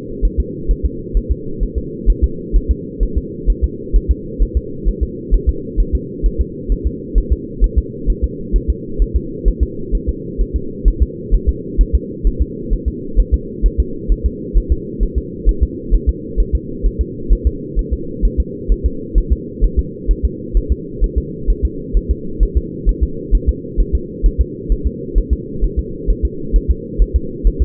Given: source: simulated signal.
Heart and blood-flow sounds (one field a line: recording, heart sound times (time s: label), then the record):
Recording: fetal heart sounds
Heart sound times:
0.25 s: S1
0.40 s: S2
0.71 s: S1
0.85 s: S2
1.17 s: S1
1.31 s: S2
1.63 s: S1
1.78 s: S2
2.10 s: S1
2.24 s: S2
2.56 s: S1
2.71 s: S2
3.03 s: S1
3.18 s: S2
3.50 s: S1
3.64 s: S2
3.96 s: S1
4.11 s: S2
4.42 s: S1
4.57 s: S2
4.88 s: S1
5.03 s: S2
5.34 s: S1
5.49 s: S2
5.80 s: S1
5.95 s: S2
6.26 s: S1
6.41 s: S2
6.72 s: S1
6.86 s: S2
7.18 s: S1
7.32 s: S2
7.64 s: S1
7.78 s: S2
8.10 s: S1
8.24 s: S2
8.56 s: S1
8.70 s: S2
9.02 s: S1
9.16 s: S2
9.48 s: S1
9.63 s: S2
9.95 s: S1
10.09 s: S2
10.41 s: S1
10.56 s: S2
10.88 s: S1
11.02 s: S2
11.34 s: S1
11.49 s: S2
11.81 s: S1
11.95 s: S2
12.27 s: S1
12.42 s: S2
12.73 s: S1
12.88 s: S2
13.20 s: S1
13.34 s: S2
13.66 s: S1
13.80 s: S2
14.12 s: S1
14.26 s: S2
14.57 s: S1
14.72 s: S2
15.03 s: S1
15.18 s: S2
15.49 s: S1
15.63 s: S2
15.94 s: S1
16.09 s: S2
16.40 s: S1
16.55 s: S2
16.86 s: S1
17.01 s: S2
17.33 s: S1
17.47 s: S2
17.79 s: S1
17.93 s: S2
18.25 s: S1
18.40 s: S2
18.72 s: S1
18.86 s: S2
19.18 s: S1
19.32 s: S2
19.64 s: S1
19.79 s: S2
20.11 s: S1
20.25 s: S2
20.57 s: S1
20.72 s: S2
21.04 s: S1
21.18 s: S2
21.50 s: S1
21.65 s: S2
21.97 s: S1
22.11 s: S2
22.43 s: S1
22.57 s: S2
22.89 s: S1
23.03 s: S2
23.35 s: S1
23.49 s: S2
23.80 s: S1
23.95 s: S2
24.26 s: S1
24.41 s: S2
24.72 s: S1
24.87 s: S2
25.18 s: S1
25.33 s: S2
25.64 s: S1
25.79 s: S2
26.10 s: S1
26.25 s: S2
26.56 s: S1
26.70 s: S2
27.02 s: S1
27.16 s: S2
27.47 s: S1
27.62 s: S2
From the record:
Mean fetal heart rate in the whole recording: 130 bpm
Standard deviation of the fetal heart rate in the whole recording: 2 bpm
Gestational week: 36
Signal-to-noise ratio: -4.3 dB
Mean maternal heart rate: 72 bpm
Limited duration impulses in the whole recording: absent